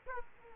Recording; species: mosquito wingbeat signal from an infrared sensor; Aedes aegypti